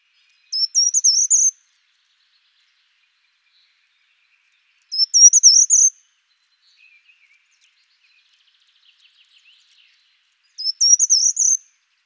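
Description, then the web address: Short-toed treecreeper song: a brief, very high, thin warbled phrase of quick notes, given three times about every five seconds, with a few faint soft calls between. "birdify. certhia brachydactyla"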